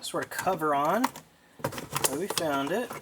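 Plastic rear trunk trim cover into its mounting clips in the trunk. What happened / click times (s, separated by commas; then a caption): The plastic trim cover is being handled and has not yet snapped home / none. A plastic rear trunk trim cover over the 12 V battery area of a 2010–2015 Toyota Prius is handled toward its mounting clips in the trunk after a 12 V battery swap, while someone talks. A few brief handling knocks come through at about 1.6, 1.8 and 2.0 seconds. The cover has not seated or clicked into its clips yet.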